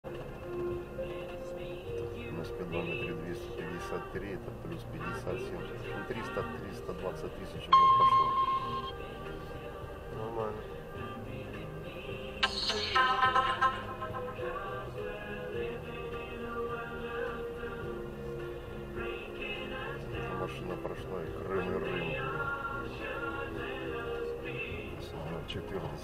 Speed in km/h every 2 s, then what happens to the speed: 4, 0, 0, 0, 0, 0, 0, 0, 0, 0, 0, 0, 0.
2-26 standing.